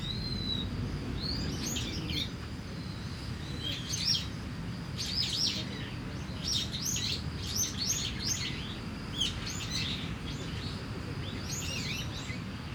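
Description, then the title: Starling song: bursts of squeaky, chattering high notes in rapid clusters, with a steady cricket-like hum and low traffic rumble underneath. Singing in a tree in Kiyosumi garden, Tokyo, Japan, with crickets and cars; recorded binaurally with DPA 4060 microphones on a Deity PR-2. "Kiyosumi garden, Tokyo, Japon - Starling in a tree"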